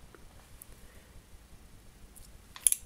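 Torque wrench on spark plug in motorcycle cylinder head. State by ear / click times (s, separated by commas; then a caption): torque reached / 2.7 s. A torque wrench set to 13 Nm turns a spark plug through a spark plug socket in a motorcycle cylinder head, tightening it against quiet background noise. After faint ticks, the wrench gives a sharp click at 2.7 s with a second snap at 2.7 s. This signals the plug has reached the set torque.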